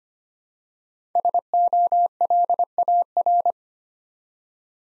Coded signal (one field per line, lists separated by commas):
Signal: Morse code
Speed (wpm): 25 wpm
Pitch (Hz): 700 Hz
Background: none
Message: SOLAR